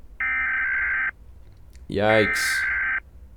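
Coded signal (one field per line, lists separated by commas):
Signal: Emergency Alert System (SAME) tones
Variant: header bursts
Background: speech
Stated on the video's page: EAS alert tones from fictional analog horror videos.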